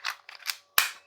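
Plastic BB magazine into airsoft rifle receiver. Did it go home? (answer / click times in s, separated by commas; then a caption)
yes / 0.8 s. A plastic BB magazine for an S&T Matrix KAR98K bolt-action airsoft rifle is fed into the rifle's metal receiver, producing a few light scraping and tapping sounds. A sharp, loud click at 0.8 s marks the magazine latching home, seated in place.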